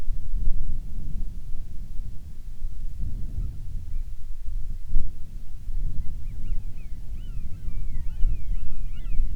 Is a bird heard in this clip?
yes